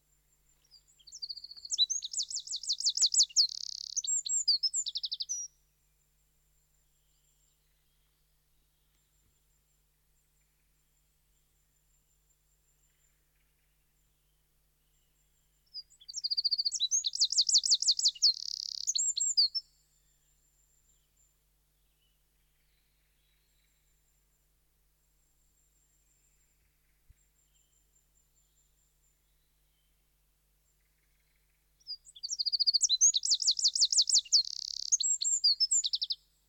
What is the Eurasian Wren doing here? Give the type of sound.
song